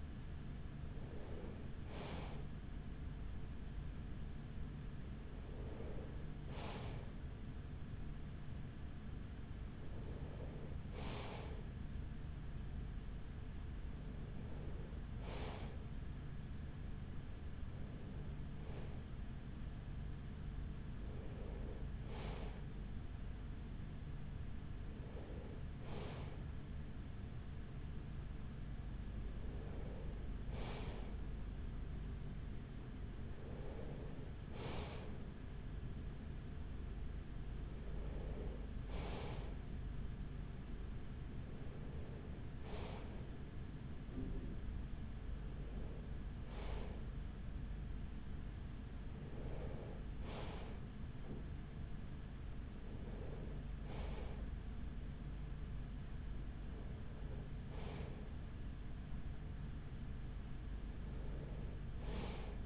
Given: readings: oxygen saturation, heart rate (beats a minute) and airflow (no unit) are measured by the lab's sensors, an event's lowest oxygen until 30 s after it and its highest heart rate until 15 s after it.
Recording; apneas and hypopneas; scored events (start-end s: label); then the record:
breathing in sleep by a smartphone at the bedside; none
5.00-35.00 s: new sleep stage, N2 (light sleep)
35.00-62.66 s: new sleep stage, N3 (deep sleep)
From the record:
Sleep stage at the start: N3 (deep sleep); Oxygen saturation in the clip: 94 to 95%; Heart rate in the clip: 42 to 45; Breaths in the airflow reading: 16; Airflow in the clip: -6.2 to 5.9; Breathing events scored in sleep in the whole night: 207 in 7.6 hours asleep